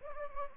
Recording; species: mosquito wingbeat signal from an infrared sensor; Anopheles gambiae